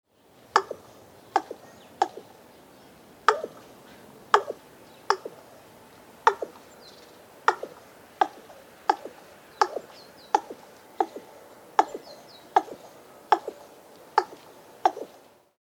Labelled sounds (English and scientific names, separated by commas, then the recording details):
Common Raven (Corvus corax)
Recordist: Tembrock, Günter
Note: Zungenbeinlaute